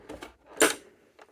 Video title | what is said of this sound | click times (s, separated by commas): fixing millennium falcon legs | they snap into place like I said I've already fixed these so the | 0.6 s